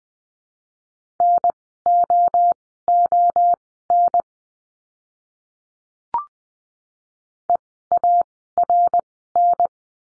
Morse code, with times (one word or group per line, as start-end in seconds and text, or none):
1.2-4.2 NOON
7.5-9.7 EARN